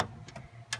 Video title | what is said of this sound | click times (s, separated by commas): Upgrading my PC! | So there's a click now, and that's good. | 0.7 s